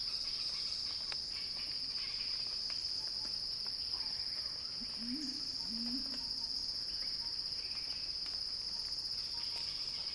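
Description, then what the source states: Cicada song, a sustained high-pitched buzzing drone, with a short low two-part call in the middle. Cicada song building in a crescendo.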